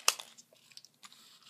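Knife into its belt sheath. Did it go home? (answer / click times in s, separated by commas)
yes / 0.1 s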